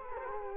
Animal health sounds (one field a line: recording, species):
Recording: mosquito wingbeat signal from an infrared sensor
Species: Culex quinquefasciatus